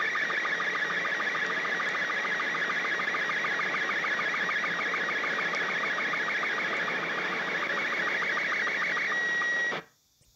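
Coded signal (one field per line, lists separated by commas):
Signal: SSTV (slow-scan television)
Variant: Robot 1200C converter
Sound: rapid warbling chirpy tone with regular low ticks, ending in a steady whistle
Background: radio hiss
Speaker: okay tell me what kind of scene i can send you and i'll send it along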